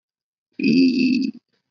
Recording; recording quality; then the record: sustained vowel as in beet; excellent, no background noise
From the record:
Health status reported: COVID-19 positive, mild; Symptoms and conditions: cold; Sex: male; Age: 25 years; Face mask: not worn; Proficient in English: yes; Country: India